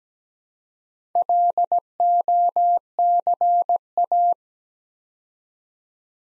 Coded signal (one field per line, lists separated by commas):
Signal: Morse code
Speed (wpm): 17 wpm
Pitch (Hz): 700 Hz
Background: none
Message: LOCA